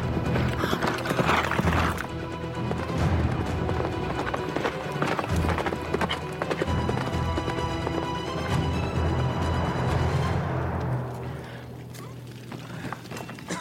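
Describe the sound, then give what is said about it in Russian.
Rapid, rhythmic hoofbeats of a horse galloping through a forest with Dima riding it pound steadily and loudly, with a brief whinny rising amid the clatter before the drumming thins out near the end. “Дима по лесу скачет на лошади.”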